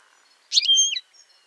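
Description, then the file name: European goldfinch giving a single short call, a buzzy burst sliding into a clear, slightly falling whistled note, lasting about half a second in quiet surroundings. "Carduelis carduelis"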